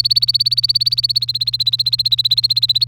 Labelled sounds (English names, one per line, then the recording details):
Domestic Canary song
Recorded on 3 May 2018 at 12:24
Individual llb3